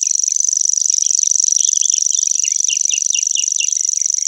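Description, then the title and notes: Common grasshopper warbler reeling: a fast, even, high-pitched trill sustained throughout like a ticking insect, with short chirps dotted underneath. Recorded in Germany, Austria and Switzerland. "Feldschwirl - Grasshopper Warbler"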